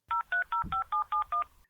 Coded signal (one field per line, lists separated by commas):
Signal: DTMF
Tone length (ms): 120 ms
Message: 0305771